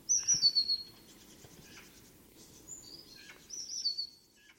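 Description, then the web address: Eurasian blue tit uttering a few bursts of high, thin, descending notes over steady background hiss. "cianscape birddata Deverinetal 2025 File origin Bird Only Cy Ca"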